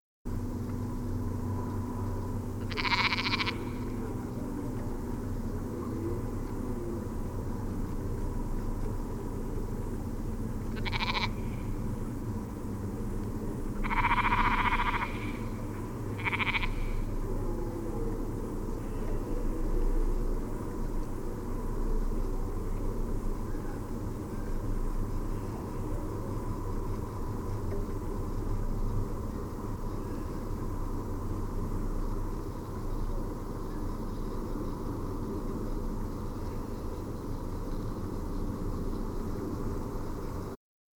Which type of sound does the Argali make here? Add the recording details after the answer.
call. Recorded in the wild. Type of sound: call. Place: Schorfheide, Brandenburg, DE. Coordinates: 52.907, 13.531. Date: 1989-07-09 20:30. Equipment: Nagra III BH, Sennheiser MD 21, parabola. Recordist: Schubert, Michael. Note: Rufe Mufflon-Lamm